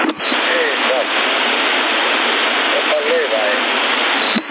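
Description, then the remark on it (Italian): Steady, dense hiss of rain falling in Sassari in November runs unbroken throughout at an even loudness, with faint murmuring voices surfacing briefly beneath it now and then. “E così, alla pioggia, va bene, però vai.”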